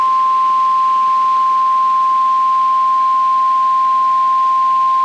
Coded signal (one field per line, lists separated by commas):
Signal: Emergency Alert System (SAME) tones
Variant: 1050 Hz attention tone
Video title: 1-10-18 Required Weekly Test (EAS# 13)